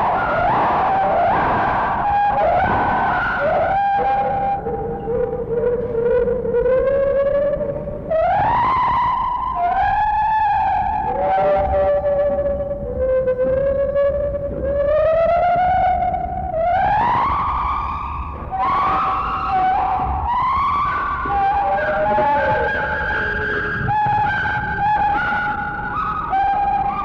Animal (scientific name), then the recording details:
Hylobates lar. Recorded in captivity. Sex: pair. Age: adult. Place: Zoo Berlin, Berlin, DE. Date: 1961-01-07 14:00. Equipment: Minifon, Kopie Smaragd. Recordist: Tembrock, Günter